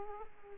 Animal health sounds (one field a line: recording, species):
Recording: mosquito wingbeat signal from an infrared sensor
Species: Aedes aegypti